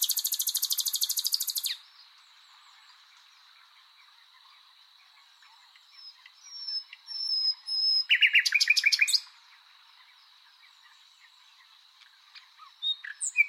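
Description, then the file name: Common nightingale song: a loud buzzy rattle at the start, then quiet, then a burst of rapid repeated notes around eight seconds, with a faint steady high hiss throughout. "Luscinia megarhynchos"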